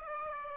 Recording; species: mosquito wingbeat signal from an infrared sensor; Aedes aegypti